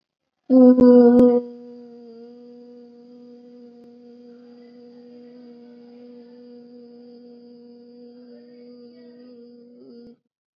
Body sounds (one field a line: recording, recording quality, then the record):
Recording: sustained vowel as in boot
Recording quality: excellent, no background noise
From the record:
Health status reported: COVID-19 positive, mild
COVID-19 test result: positive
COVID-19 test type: RT-PCR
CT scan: not taken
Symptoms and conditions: cough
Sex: female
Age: 19 years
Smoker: no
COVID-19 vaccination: both doses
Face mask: worn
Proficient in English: yes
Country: India